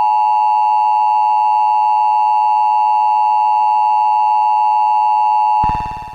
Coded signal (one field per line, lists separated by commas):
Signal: Emergency Alert System (SAME) tones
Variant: 853 and 960 Hz attention tone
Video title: EAS Scenario #45: Mickey Error 1: The Return Of Mickey Error